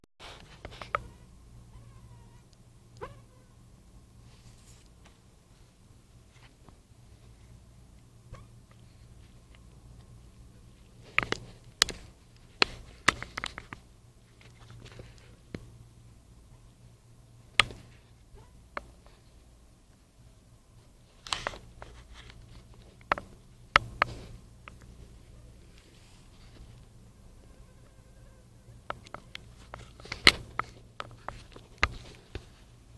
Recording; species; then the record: mosquito flight sound by mobile phone; Anopheles dirus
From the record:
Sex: female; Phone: Nokia 5235